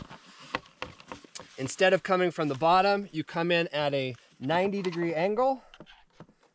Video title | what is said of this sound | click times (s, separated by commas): Behind the Splitboard - Day in the Life of a Backcountry Setup | push down now it's locked into place ready to go same thing over here on the other one | 0.5 s, 0.8 s